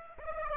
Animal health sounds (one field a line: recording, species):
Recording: mosquito wingbeat signal from an infrared sensor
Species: Aedes aegypti